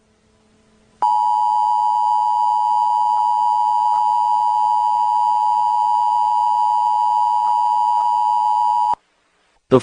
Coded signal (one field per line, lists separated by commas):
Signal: Emergency Alert System (SAME) tones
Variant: 853 and 960 Hz attention tone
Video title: Everyone Hates This Update (A Mini EAS Scenario)